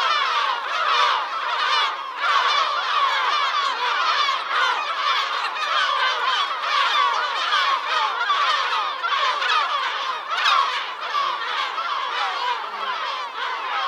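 Birds in a dense chorus: countless overlapping chirps and trills forming a continuous, busy chatter with no pause.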